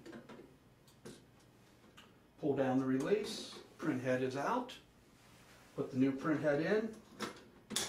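A replacement thermal printhead is set into the head carrier of a SMART single-sided ID card printer and pressed down while someone talks. Faint ticks and handling sounds come before a sharp click at 7.8 s as the printhead snaps into place and seats.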